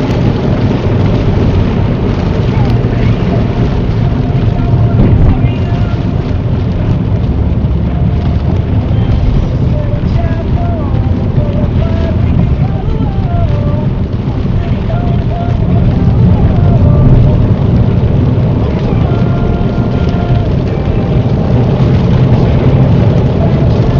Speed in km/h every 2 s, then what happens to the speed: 48, 42, 35, 34, 39, 39, 42, 45, 53, 58, 68, 76.
0-5 slows to 34. 5-24 speeds up to 76.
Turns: 7-15.